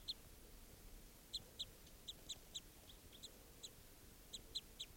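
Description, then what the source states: Crossbill calls: soft, high clipped notes in small clusters separated by short pauses, over quiet background noise. Female, recorded by the net.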